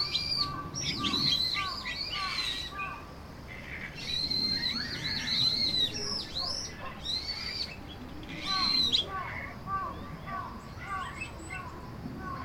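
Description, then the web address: Bird calls, a busy mix of high whistled and chirping notes with sweeping slurs, coming in irregular bursts over a low steady background hiss. "yacho koe"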